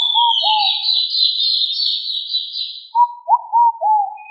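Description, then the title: Pigeon calls: a long high buzzing drone over faint whistled notes, then a clear phrase of four hooked whistled notes. "Familia Columbidae Pomba"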